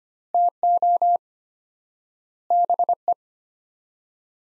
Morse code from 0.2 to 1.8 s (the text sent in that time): TO